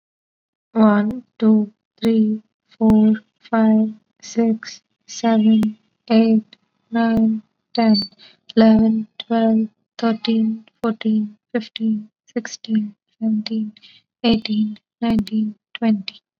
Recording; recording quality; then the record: counting at a normal pace; excellent, no background noise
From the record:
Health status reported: COVID-19 positive, no symptoms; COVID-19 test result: positive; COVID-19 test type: RT-PCR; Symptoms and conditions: cold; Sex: female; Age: 20 years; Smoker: no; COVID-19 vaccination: both doses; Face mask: not worn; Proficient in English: yes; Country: India